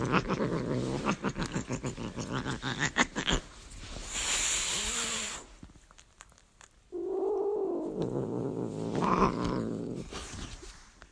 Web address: horny cat